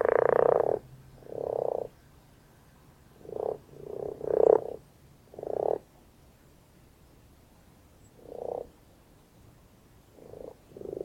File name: Grenouille rousse